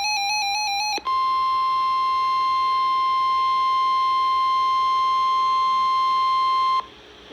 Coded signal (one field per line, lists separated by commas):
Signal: Emergency Alert System (SAME) tones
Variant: 1050 Hz attention tone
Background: music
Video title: Severe Thunderstorm Warning for Stewart, TN (EAS #257)